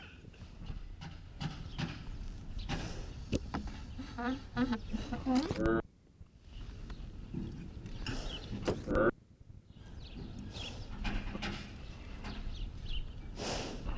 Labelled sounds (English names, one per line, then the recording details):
Wapiti
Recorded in captivity
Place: Tierpark Berlin, Berlin, DE
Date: 1968-10-26 11:30
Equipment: Uher 4000 Report-S, Sennheiser MD 421
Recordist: Tembrock, Günter
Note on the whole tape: Wapiti. Drohlaute gegen Beobachter, im Liegen. Abstand: 1 m. Aufnahemezeit: 10.00-13.00 Uhr